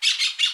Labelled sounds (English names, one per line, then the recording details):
Brown-throated Parakeet contact call
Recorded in Aruba
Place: Cunucu Arikok, S side of Ceru Arikok
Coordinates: 12.502, -69.950